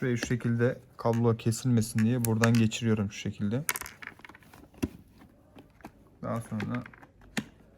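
Someone talks while handling a motorcycle intercom unit at its mount on the helmet shell, pressing it toward place. After the speech come scattered light taps and handling noises, then one sharp hit near the end, with more talk in between. The unit has not seated or clicked into the mount yet.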